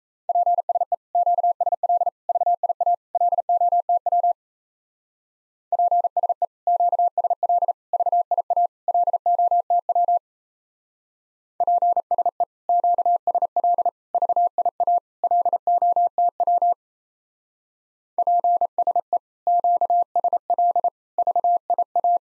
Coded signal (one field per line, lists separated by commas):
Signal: Morse code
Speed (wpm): 35 wpm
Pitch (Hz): 700 Hz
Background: none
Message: PSE QSL VIA LOTW PSE QSL VIA LOTW PSE QSL VIA LOTW PSE QSL VIA